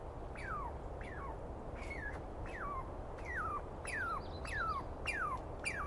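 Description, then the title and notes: Douglas squirrel giving several clear notes, each sliding sharply down in pitch, repeated about every six-tenths of a second. Screaming Douglas Pine Squirrel, one animal, recorded at dawn on 21 April 2017 in the East Cascades, calling for a long while; recordist not fully certain of identification. "On the morning of 21 April, 2017, I set up my microphones and recorder for a nice dawn recording in the East Cascades. I was started awake by a screaming Douglas Pine Squirrel"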